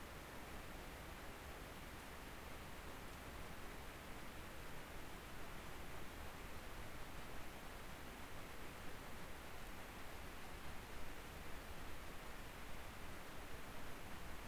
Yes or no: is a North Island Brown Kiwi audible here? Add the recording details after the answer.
no. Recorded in New Zealand on 19 October 2013. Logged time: 01:58. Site CR37